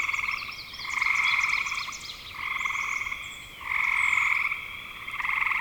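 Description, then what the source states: Frog chorus with rattling trills swelling and fading every second or two, plus quick high chirps. Frogs calling in spring 2025.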